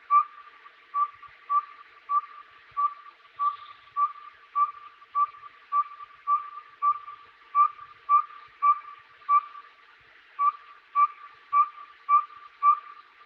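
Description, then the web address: Northern saw-whet owl tooting steadily, a long series of over twenty clear, whistled notes on one pitch at a brisk, even pace. Western North America. "Dan Gibson Wildlife Identification By Sound, Western North America. Saw-Whet Owl"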